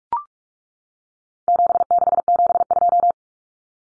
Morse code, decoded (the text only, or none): 7672